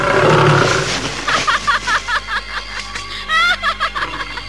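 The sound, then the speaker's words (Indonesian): A male tiger gives a loud, rough roar, then breaks into a run of short, rhythmic snarling grunts that rise and fall before one more harsh burst near the end. “Tahan kau harimau jahat.”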